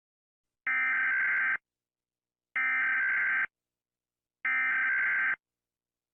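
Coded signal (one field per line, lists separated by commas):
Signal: Emergency Alert System (SAME) tones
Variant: header bursts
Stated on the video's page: Fictional EAS scenario about a nuclear bomb; not a real alert.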